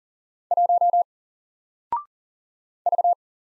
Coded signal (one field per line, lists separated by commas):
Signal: Morse code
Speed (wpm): 40 wpm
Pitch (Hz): 700 Hz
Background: none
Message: 1 V